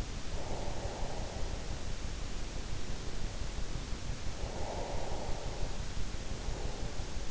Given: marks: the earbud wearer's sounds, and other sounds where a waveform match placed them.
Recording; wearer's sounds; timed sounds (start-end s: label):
sounds in sleep by an in-ear microphone; breath
0.16-2.97 s: breath
4.22-7.31 s: breath